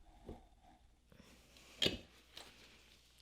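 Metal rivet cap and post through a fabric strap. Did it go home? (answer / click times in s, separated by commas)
yes / 1.8 s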